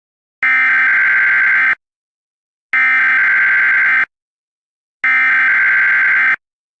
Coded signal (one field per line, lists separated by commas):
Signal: Emergency Alert System (SAME) tones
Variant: header bursts